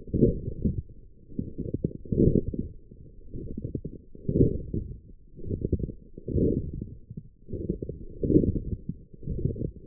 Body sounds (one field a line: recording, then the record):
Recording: forearm muscle sounds (acoustic myography)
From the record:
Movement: forearm pronation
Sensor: system 1, eight BSWA MPA416 microphones around the upper forearm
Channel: 7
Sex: male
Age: 23 years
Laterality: right